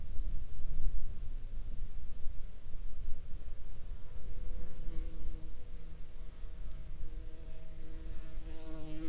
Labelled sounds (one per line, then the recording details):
insects
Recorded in the Arctic National Wildlife Refuge, Alaska, on 11 July 2021 at 17:48
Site 40